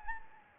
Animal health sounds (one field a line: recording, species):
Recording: mosquito wingbeat signal from an infrared sensor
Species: Anopheles gambiae